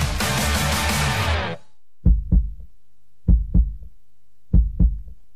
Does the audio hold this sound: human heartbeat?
yes